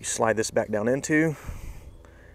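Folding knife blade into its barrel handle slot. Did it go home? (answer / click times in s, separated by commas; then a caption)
yes / 2.0 s. Someone talks while the folded-out blade of an original Engstrom Swedish barrel knife, over 100 years old, is slid back down into its slot in the metal barrel handle. A short, quiet click at 2.1 s marks the blade locking into place.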